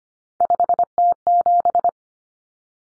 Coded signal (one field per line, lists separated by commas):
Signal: Morse code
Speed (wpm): 25 wpm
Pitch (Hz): 700 Hz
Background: none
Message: 5T7